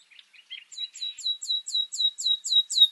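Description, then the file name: Common nightingale song: a few soft quiet notes, then a crisp series of about nine loud, downward-swept repeated notes at a steady pace. "Luscinia megarhynchos"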